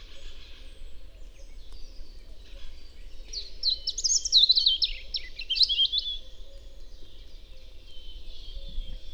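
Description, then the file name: European robin song, one jumbled phrase of thin, high trills and warbles rising and falling over about three seconds, with light background noise. "Erithacus rubecula"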